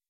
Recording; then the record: hydrophone in a shrimp aquaculture tank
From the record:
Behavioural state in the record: weakened